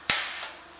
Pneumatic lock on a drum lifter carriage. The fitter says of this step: is pneumatic which locks into place